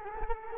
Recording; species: mosquito wingbeat signal from an infrared sensor; Culex quinquefasciatus